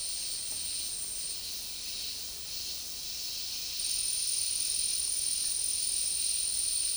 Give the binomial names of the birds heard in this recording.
none